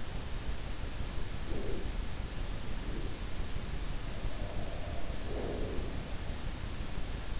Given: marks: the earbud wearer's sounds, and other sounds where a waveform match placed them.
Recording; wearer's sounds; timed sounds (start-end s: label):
sounds in sleep by an in-ear microphone; breath
1.31-3.57 s: breath
3.87-6.72 s: sound from someone else or the room
5.06-6.35 s: breath